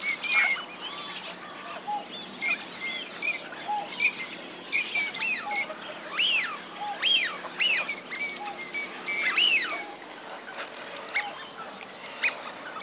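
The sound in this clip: Teal uttering rising-and-falling whistled notes, arched calls repeated every second or so with softer chatter beneath, several birds calling at once.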